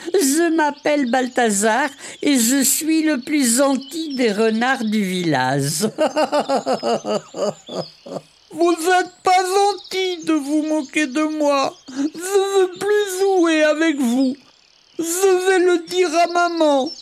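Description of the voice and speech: A high-pitched acted child voice of a young fox with no teeth speaks French in short sentences, with a brief laugh between them. The 'j' sound in 'gentil' comes out as a 'z' both times, a lisp (zozotement) caused by the toothlessness; his siblings mock him for it.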